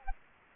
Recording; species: mosquito wingbeat signal from an infrared sensor; Culex quinquefasciatus